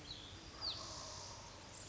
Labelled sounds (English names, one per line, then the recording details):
Wild Turkey
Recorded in Sonoma County, California